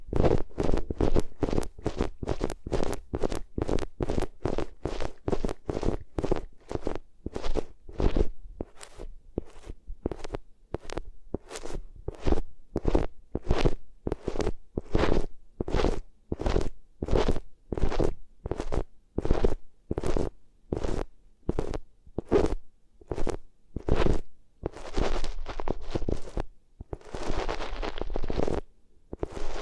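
Rubbing over the ears on different materials, heard as a steady train of rough, muffled swipes with a deep, thumping body. The strokes come quickly at first, then settle into a slower, even rhythm, and the last few seconds turn into denser, scratchier rubbing.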